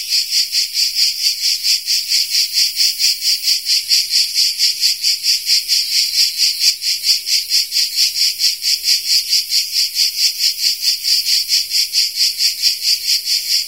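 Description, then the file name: Grey cicada singing a harsh high-pitched buzz, rhythmically pulsing about twice per second, unbroken and regular across the whole stretch. "Tettigia Cicada. fullbeat"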